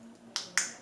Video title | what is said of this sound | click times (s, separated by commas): How to Put Back and Open a GoPro Hero5 Hero 6 Hero 7 Side or Charging Door | and bam right when you hear the snap you know it's on | 0.4 s, 0.6 s